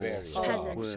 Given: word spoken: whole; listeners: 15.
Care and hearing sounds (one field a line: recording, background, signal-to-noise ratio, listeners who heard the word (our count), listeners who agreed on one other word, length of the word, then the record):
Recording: one English word in noise, from a listening test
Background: four-talker babble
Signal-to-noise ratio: -2.8 dB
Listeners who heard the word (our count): 0 of 15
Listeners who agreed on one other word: 6 of 15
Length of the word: 0.57 s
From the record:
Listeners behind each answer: 6, 2, 2, 1, 1, 1, 1, 1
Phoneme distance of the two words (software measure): 44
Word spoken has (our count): 1 syllable, 3 phonemes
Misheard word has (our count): 2 syllables, 5 phonemes, stress on syllable 1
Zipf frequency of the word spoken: 5.54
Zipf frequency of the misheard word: 3.43